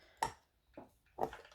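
A sewing hardware part, set upside down in a holder, is pushed from the top down and popped into its mating piece on a fabric project. It seats with a sharp click at 0.2 s, followed by a softer tap near 0.8 s and another sharp hit at 1.2 s.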